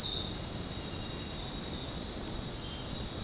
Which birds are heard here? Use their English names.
none